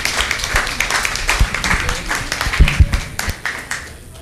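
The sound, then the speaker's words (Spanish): An audience applauds, a steady wash of many overlapping hand claps with sharper individual claps popping out, holding fairly loud for the whole stretch before thinning slightly at the end. “Un aplauso para animarnos todos.”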